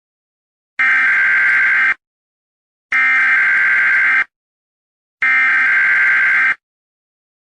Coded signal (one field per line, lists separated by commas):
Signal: Emergency Alert System (SAME) tones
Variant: header bursts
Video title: Eas prank